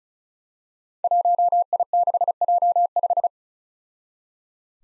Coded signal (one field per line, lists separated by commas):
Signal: Morse code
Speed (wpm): 36 wpm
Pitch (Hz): 700 Hz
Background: none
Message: 1I6J5